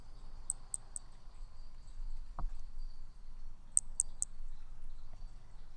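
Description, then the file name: Hermogenes's flea-toad: two triplets of short, piercing high notes three seconds apart, with a single dull knock between them and low rumble underneath. Individual 03, Picinguaba, 13 December 2017. "B hermogenesi Picinguaba ind 03 ex 03 sem detalhes 13 dez 2017 MRB"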